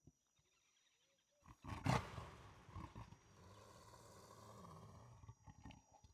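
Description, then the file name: Leopard roar: a quiet start, then a loud harsh blast, followed by several seconds of deep rolling growl with rasping breaths at the end. "Digiffects Sound Effects Library - Leopard Growls and Roars"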